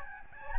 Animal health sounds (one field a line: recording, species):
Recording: mosquito wingbeat signal from an infrared sensor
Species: Aedes albopictus